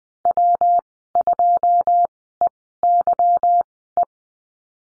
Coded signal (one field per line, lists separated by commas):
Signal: Morse code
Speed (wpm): 20 wpm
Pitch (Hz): 700 Hz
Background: none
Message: W2EYE